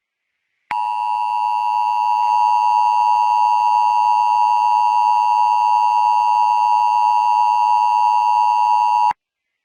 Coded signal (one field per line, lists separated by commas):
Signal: Emergency Alert System (SAME) tones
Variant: 853 and 960 Hz attention tone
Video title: Five nights at sonic’s ESCAPED! (my first ever EAS scenario